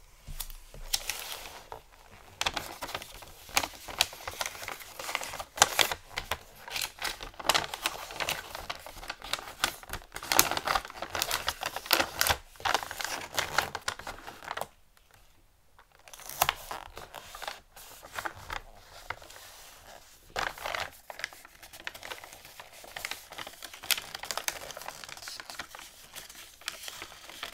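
Gift wrapping paper crinkles and rustles in dense, bright bursts, with quick sharp clicks and snaps running through most of the stretch. Around fifteen seconds the activity drops to near silence for a moment, then the crinkling resumes, busier again toward the end.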